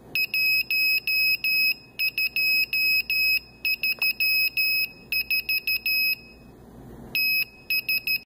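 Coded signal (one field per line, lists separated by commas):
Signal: Morse code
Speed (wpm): 13 wpm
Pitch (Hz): 2550 Hz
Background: none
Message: 1234 TS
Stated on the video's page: Morse message generated by an Arduino encoder and sent over the air with an FM radio transmitter.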